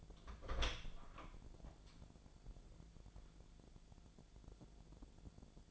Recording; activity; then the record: daily activity, microphone in the room; open door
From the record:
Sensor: 5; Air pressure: 1000.5 hPa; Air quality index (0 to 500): 154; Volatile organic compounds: 2 ppm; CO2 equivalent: 1182 ppm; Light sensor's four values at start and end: 48/113/47/50 and 48/113/47/50